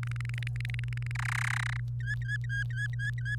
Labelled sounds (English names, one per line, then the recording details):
Domestic Canary song
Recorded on 28 April 2018 at 06:03
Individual llb3